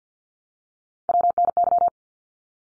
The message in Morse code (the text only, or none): WNY